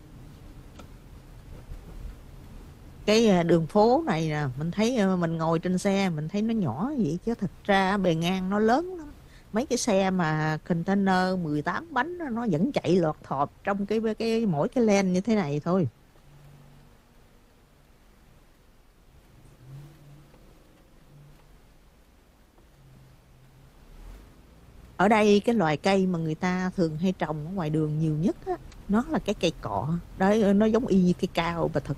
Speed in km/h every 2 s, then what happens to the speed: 31, 27, 26, 23, 21, 19, 13, 5, 0, 0, 0, 0, 0, 21, 24, 27.
0-15 slows to 0. 15-24 standing. 24-32 pulls away to 27.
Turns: 28-32.